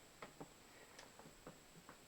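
A water filter cartridge is handled at the housing of a WaterFirst Dr. Y countertop reverse osmosis water purifier, where it drops in and is turned with the supplied wrench until tight to lock in and seal on O-rings. Short, light taps and knocks sound around 0.2, 0.4, 1.0, 1.5 and 1.9 seconds over a faint steady high-pitched tone. The clip ends before the cartridge goes home, so nothing has seated or clicked yet.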